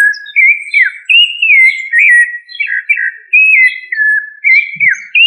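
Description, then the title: Thrush song, a continuous stream of clear whistled phrases that slide up and down, some ending in short warbled notes, with brief pauses between them. "Familia Turdidae - Sabia"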